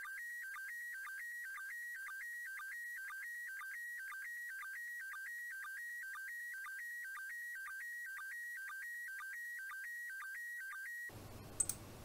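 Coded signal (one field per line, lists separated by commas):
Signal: SSTV (slow-scan television)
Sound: warbling tone alternating between two pitches, with quick low chirps in a steady rhythm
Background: radio static at end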